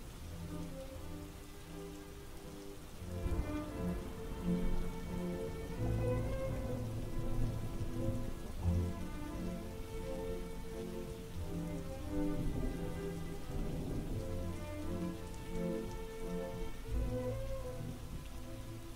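Heavy torrential forest rain pours down steadily on Châu Văn Bản, a dense constant wash of drops that never lets up, with a sustained tonal drone running underneath and no voices.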